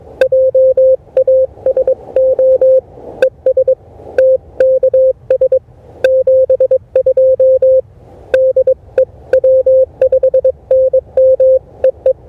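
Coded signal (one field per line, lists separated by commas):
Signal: Morse code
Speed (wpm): 23 wpm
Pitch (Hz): 520 Hz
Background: none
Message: JASO ES TKS 72 DE W5NM EE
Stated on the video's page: 20 m POTA park activation at 16 WPM on an Elecraft KH1.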